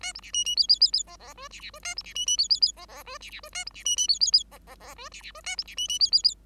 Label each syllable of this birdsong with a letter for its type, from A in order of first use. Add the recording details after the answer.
A B C D D E E E E F F G C C G A B C D D E E E F F G C C G A B C D D E E E F F F G C C G A B C D D E E E. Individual Bird5